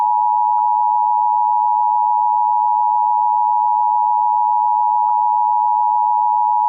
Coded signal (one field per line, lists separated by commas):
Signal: Emergency Alert System (SAME) tones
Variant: 853 and 960 Hz attention tone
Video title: Zoo Disaster II (EAS Scenario)